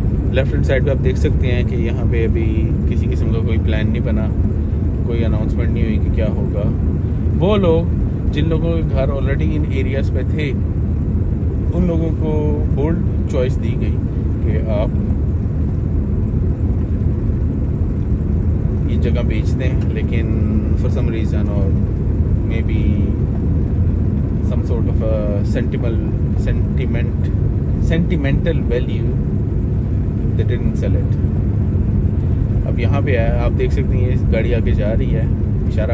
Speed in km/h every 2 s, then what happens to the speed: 24, 24, 24, 24, 25, 24, 25, 24, 24, 24, 25, 24, 23, 23, 23, 22, 23, 23.
0-36 steady at about 24.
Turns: none.